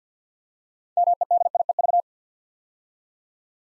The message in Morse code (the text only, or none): MEDIEV